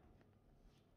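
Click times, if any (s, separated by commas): none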